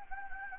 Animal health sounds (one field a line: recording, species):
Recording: mosquito wingbeat signal from an infrared sensor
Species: Anopheles gambiae